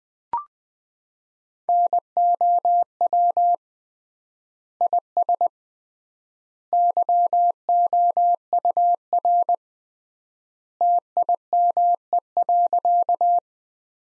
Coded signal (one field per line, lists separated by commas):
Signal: Morse code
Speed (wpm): 20 wpm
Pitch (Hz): 700 Hz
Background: none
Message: NOW IS YOUR TIME.